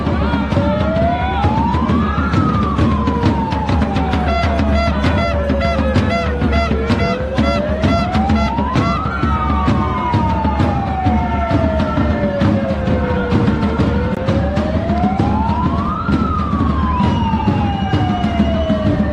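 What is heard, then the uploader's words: A siren wails slowly up and down, each rise and fall taking several seconds, over a dense, steady roar of a protest crowd in the street. Sharp claps, shouts and whistles break through constantly, and the din never lets up. Incredible Scenes - French Protesters Today In Paris France.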